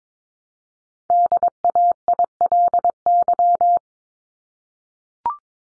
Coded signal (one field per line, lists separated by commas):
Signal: Morse code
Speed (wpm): 22 wpm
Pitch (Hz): 700 Hz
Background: none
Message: DAILY